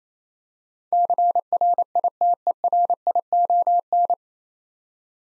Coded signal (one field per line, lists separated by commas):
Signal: Morse code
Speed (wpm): 27 wpm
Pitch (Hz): 700 Hz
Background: none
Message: CRITERION